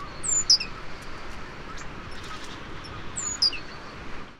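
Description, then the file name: Great tit giving two high, thin downslurred notes about three seconds apart, with soft hiss behind. "Parus major"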